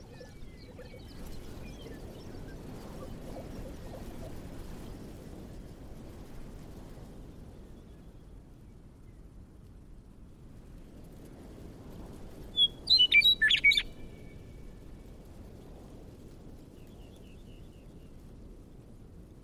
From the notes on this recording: From tropical forests to deserts to wetlands